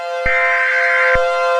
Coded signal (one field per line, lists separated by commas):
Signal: Emergency Alert System (SAME) tones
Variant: header bursts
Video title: EAS Scenario #42: Volcanic Havoc